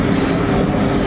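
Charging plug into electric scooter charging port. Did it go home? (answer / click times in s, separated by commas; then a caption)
no / none. An EV charging plug is being handled and pushed toward an electric scooter's charging port, the kind that clicks and locks in place. Only a steady, dense broadband noise is heard for about a second, with no sharp transients. Nothing has seated or clicked yet.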